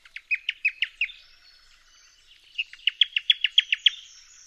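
Newtonia call, a fast series of sharp high chipping notes in two bursts, separated by a quieter pause.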